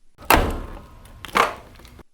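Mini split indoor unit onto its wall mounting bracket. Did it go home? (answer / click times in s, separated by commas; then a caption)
yes / 0.3 s, 1.4 s. A YMGI mini split indoor unit is hung on its metal wall mounting bracket and its bottom is pushed against the wall. Two loud snaps are heard at 0.3 s and 1.4 s, each followed by a short fading rumble, as the lower latches snap into the bracket and the unit seats.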